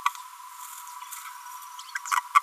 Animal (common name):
Green-rumped Parrotlet